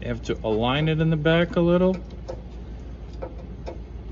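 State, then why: Not seated. Someone talks while an LED fog light housing is aligned at the back and handled into the front bumper opening of a 2007–2013 Toyota Tundra, where its plastic clips are meant to engage. After the talking, only faint handling noises and a few soft taps are heard over a low background hum. Nothing has seated or clicked yet.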